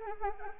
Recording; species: mosquito wingbeat signal from an infrared sensor; Anopheles arabiensis